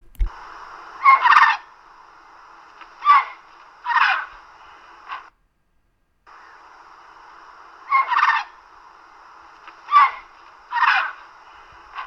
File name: canto Airone schitaceo